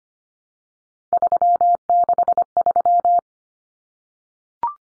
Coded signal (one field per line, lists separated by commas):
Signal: Morse code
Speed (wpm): 25 wpm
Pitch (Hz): 700 Hz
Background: none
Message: 363